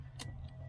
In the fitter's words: Just pushes in till it clicks.